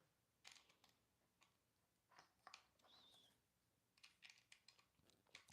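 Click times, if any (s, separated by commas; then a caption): none. A screw is driven into a stripped hole in the plastic transmission housing of a Traxxas Rustler RC truck during a rebuild, producing short scraping and ticking bursts, a brief whirring tone around 2.8–3.4 s, and a sharp snap at 5.5 s. The screw bottoms out but keeps turning without tightening because the hole is stripped, and nothing has seated or clicked.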